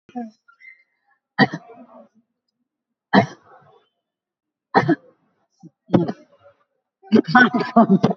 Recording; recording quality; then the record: heavy voluntary cough; excellent, no background noise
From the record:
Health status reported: recovered from COVID-19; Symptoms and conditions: none ticked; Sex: female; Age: 65 years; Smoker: not ticked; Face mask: worn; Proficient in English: no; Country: India